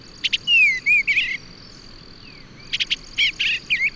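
Bird song opening with two short notes, a long falling whistle and a few curled notes, then a quick twittering phrase after a pause, insect hum steady behind.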